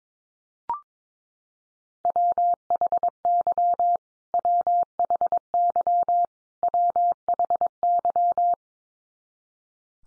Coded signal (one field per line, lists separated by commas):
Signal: Morse code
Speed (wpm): 22 wpm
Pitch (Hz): 700 Hz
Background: none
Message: WHY WHY WHY